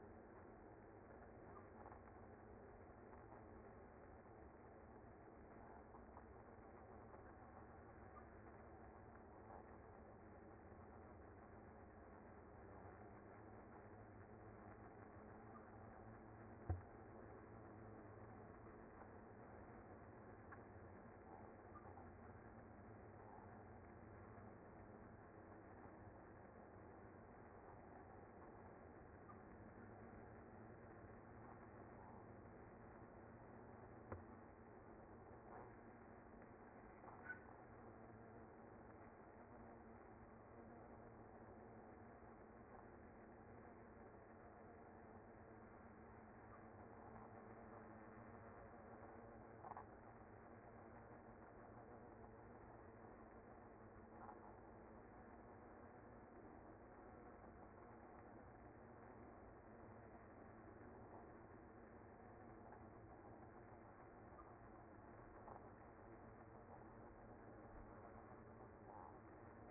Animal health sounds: honeybee colony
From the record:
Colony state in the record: active

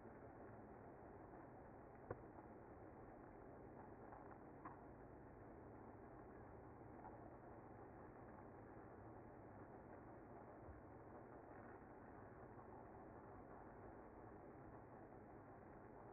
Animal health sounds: honeybee colony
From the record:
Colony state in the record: active

